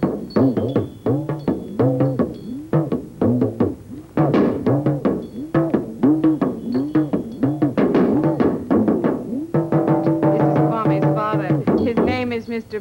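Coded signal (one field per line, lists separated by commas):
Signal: talking drum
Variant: Yoruba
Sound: rapid hand-drum strokes whose pitch bends and glides, like speech-shaped drumming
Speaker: talking drum is the oldest means of communication in Africa one drummers released a message to another drummer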